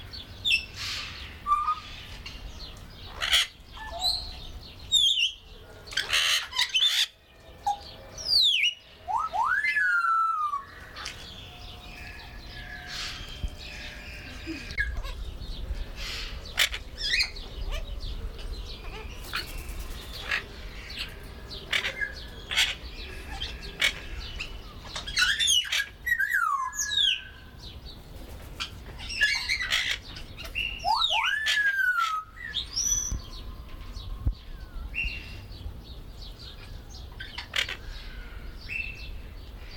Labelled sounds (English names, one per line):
Golden-collared Macaw